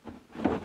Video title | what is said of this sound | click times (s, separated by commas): Ryobi Link Portable Tool Storage Units | just like that and it's locked into place | 0.4 s